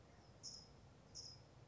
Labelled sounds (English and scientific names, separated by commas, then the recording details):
California Towhee (Melozone crissalis)
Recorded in Sonoma County, California